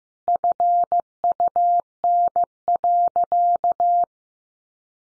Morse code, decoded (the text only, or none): FUN.